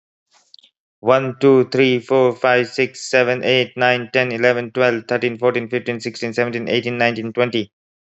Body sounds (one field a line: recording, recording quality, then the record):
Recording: counting at a fast pace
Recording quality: excellent, no background noise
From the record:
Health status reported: healthy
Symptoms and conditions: cough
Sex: male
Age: 32 years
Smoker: not ticked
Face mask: not worn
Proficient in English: yes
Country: United States